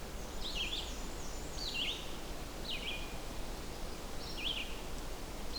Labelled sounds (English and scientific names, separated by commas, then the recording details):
Red-eyed Vireo (Vireo olivaceus) song
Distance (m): 40 m
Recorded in boreal forest in Alberta, Canada, on 4 June 2016 at 08:48
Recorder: SongMeter 3, array SBT-3-51
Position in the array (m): 29 m, 91 m